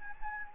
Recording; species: mosquito wingbeat signal from an infrared sensor; Anopheles gambiae